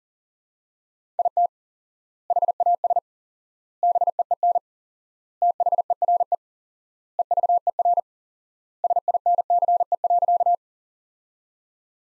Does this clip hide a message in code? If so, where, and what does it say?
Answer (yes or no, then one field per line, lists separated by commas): yes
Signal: Morse code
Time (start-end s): 1.2-10.5 s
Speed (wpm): 40 wpm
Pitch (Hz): 700 Hz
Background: none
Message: IT HAS BEEN THERE EVER SINCE.